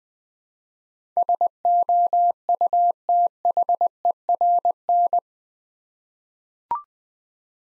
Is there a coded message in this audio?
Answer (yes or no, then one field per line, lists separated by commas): yes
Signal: Morse code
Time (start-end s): 1.2-5.2 s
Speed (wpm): 20 wpm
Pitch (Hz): 700 Hz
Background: none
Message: SOUTHERN